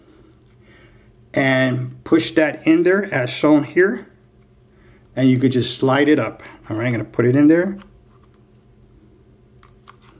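A SSONTONG A9 front and rear dash cam body is lined up on its plastic windshield mount before being slid up to lock, while someone talks. After the talking, a few light handling taps are heard between about 8.2 and 9.9 seconds, and nothing has seated or clicked yet.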